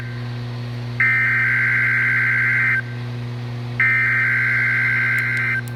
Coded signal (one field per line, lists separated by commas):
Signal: Emergency Alert System (SAME) tones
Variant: header bursts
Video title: EAS #232 - Required Weekly Test (THIS IS THE MARYLAND)